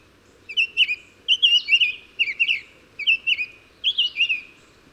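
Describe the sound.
Bird song: short chirpy whistled phrases, each a quick rising-and-falling note cluster, repeated about five times with brief pauses between, over a faint low background hiss.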